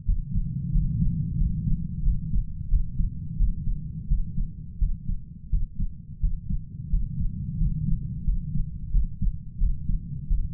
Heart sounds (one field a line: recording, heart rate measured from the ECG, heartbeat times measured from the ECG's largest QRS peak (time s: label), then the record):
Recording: heart sounds by stethoscope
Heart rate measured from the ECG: 88 bpm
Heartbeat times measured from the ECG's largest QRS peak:
0.05 s: heartbeat
0.72 s: heartbeat
1.37 s: heartbeat
2.03 s: heartbeat
2.69 s: heartbeat
3.37 s: heartbeat
4.08 s: heartbeat
4.78 s: heartbeat
5.50 s: heartbeat
6.20 s: heartbeat
6.90 s: heartbeat
7.58 s: heartbeat
8.24 s: heartbeat
8.91 s: heartbeat
9.58 s: heartbeat
10.27 s: heartbeat
From the record:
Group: healthy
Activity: rest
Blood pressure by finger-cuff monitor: 114/74 mmHg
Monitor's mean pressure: 85 mmHg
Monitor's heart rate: 86 bpm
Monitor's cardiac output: 7.6 L/min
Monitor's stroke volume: 88 mL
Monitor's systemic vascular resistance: 850 dyn s/cm5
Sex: male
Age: 33 years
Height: 179 cm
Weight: 80.4 kg